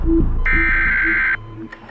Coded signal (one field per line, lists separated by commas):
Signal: Emergency Alert System (SAME) tones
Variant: header bursts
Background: speech